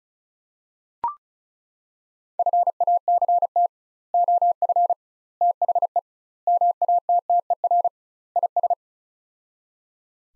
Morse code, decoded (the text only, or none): FACT OF THE MATTER IS